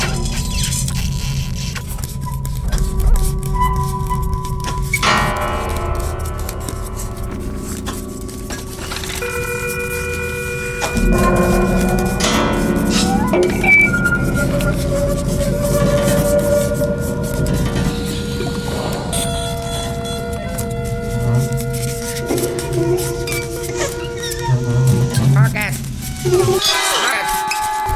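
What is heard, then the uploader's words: An experimental sound piece built from a lift, a glass plate resting on piano strings, a gas cylinder sleeve and a bracelet. Sustained metallic ringing tones overlap a dense low rumble, with new struck layers entering around 5, 11 and 22 seconds before a brief cutout near the end. Sound fragment fitted with a lift, a glass plate on piano strings, a gas cylinder sleeve and a bracelet. Marseille.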